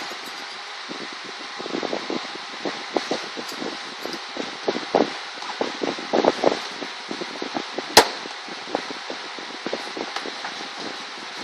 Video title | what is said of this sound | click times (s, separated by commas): How to remove a headliner. Honda or Acura. Modern, 2000 and above. Part 2 | pull them all out. Make sure you hear all of them pop. | 3.0 s, 5.0 s, 6.3 s, 6.5 s, 8.0 s, 8.8 s